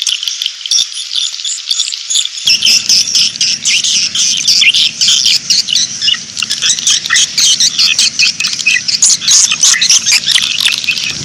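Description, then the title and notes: Swiftlets chirping in a dense, high-pitched chorus of rapid twittering notes, with a low steady hum underneath that begins after a couple of seconds. Swiftlet sound used in swiftlet farming in Asia. "Swiflet Bird Sound. Farming Swiflet Bird asia sound"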